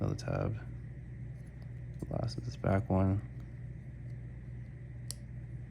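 Someone talks while pushing the last, back plastic snap tab of an MWX Performance ESC case half into the mating case half. A single sharp click at 5.1 s marks the tab snapping in, and the case is seated.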